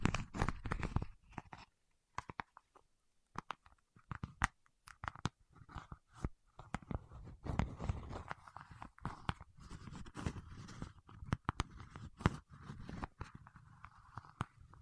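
Fingertips work at wax, producing a dense run of sticky crackles and sharp crunching clicks. The handling comes in uneven bursts with brief quiet gaps, a louder stretch at the start and busier, steadier crackling from about eight seconds on.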